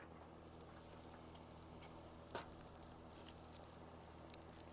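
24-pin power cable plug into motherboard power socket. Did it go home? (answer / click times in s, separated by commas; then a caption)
no / none. A 24-pin motherboard power cable plug is handled and lined up so its snappy latch tab meets the edge on the board's power socket, with a few faint ticks and taps over steady low hum. The plug has not seated or clicked in yet.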